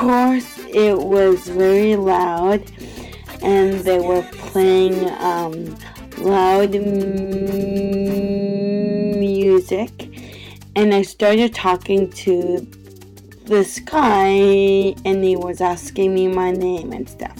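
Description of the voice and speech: Adult woman telling a story, her speech broken by long prolonged vowels and silent blocks, typical of stuttering.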